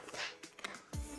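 The second plastic locking clip on the other side of the lid of an Oase Filtosmart Thermo 100 aquarium canister filter is pressed over until it snaps shut. Soft handling rustles lead to a sharp, bright click at 0.7 s, followed by a low thump with a brief broadband rush at about 0.9 s. The clip is confirmed closed and seated.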